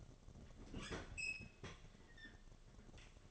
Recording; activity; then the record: daily activity, microphone in the room; open fridge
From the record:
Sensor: 4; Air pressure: 1005.5 hPa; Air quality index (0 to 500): 176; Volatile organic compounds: 5 ppm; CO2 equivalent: 1728 ppm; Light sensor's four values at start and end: 6/13/5/4 and 6/12/4/4